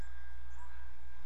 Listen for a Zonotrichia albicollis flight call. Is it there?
no